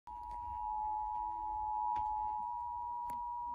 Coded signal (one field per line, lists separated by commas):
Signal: Emergency Alert System (SAME) tones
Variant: 853 and 960 Hz attention tone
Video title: Tornado Warning on TV! (EAS #83)